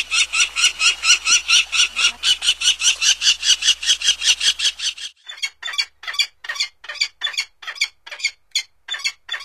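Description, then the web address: Peregrine falcon call series: a long run of rapid, rasping notes repeated steadily. North America. "Songs of Birds of North America Stokes. Peregrine Falcon"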